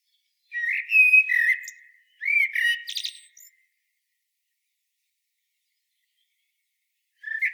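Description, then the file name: Common blackbird with two quick fluted phrases, the second ending in a high squeaky flourish, then quiet before another phrase begins. "Turdus merula"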